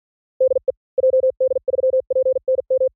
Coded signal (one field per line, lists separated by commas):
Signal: Morse code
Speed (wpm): 46 wpm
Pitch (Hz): 560 Hz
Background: none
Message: DE JD3PNM